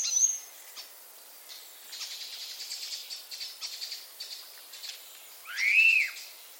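Common starling calls: scratchy, rattling notes through the middle, then one loud arched whistle that rises and falls near the end.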